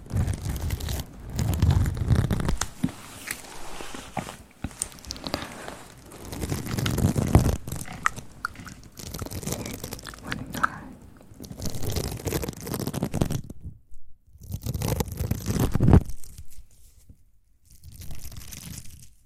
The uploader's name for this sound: mouth sounds + mic pumping, swirling, tapping, and gripping